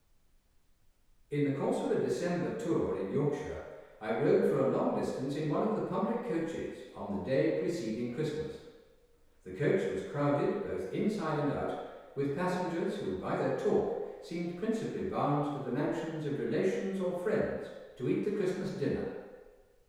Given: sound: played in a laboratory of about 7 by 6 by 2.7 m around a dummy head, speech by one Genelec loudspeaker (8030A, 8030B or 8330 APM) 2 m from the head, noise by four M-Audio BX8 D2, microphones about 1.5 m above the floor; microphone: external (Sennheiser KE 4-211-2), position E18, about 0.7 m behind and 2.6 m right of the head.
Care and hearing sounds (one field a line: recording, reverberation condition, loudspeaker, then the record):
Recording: male speech in English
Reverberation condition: high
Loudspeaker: 60 degrees to the left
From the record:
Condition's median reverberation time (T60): about 1300 ms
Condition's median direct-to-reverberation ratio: about -4.0 dB